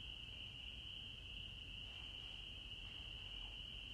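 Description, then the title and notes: Frogs calling, a steady, unbroken high-pitched chorus holding one pitch throughout, with faint low rumble underneath. Night ambience in a forest in Holliston, Massachusetts, USA, on 6 April at 21:40. "6 de Abril 21:40 h. Holliston, Massachusetts. EEUU. Los únicos ruidos eran los grillos y las ranas."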